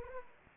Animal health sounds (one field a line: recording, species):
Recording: mosquito wingbeat signal from an infrared sensor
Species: Anopheles arabiensis